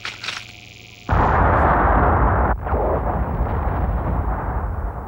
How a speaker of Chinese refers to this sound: 看到没有，爆炸了， 那一带是司令室那边